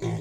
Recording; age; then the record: pig call; weaner (32 to 43 days)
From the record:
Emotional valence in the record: negative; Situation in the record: long isolation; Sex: female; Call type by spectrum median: low-frequency call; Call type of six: low-frequency modulated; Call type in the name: low-frequency modulated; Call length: 0.21 s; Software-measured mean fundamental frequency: 56 Hz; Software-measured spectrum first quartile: 137 Hz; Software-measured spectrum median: 274 Hz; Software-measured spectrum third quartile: 574 Hz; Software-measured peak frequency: 369 Hz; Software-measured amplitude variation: 114 dB a second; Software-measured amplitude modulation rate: 21.2 a second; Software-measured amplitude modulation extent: 5.4 dB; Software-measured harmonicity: -0.3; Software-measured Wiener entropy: -0.69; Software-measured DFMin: 1362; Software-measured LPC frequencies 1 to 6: 2105, 3542, 6468, 7182, 8062, 8752 Hz